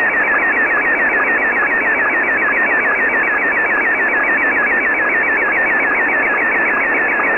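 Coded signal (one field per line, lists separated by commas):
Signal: SSTV (slow-scan television)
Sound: warbling tone sweeping up and down with regular short low sync blips, steady rhythm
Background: radio static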